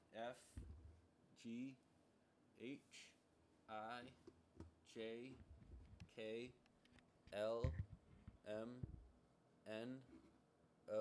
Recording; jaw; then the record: letters of the alphabet, spoken; free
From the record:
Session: seven days later